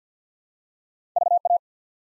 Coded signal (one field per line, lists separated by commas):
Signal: Morse code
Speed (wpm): 48 wpm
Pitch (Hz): 700 Hz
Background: none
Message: VA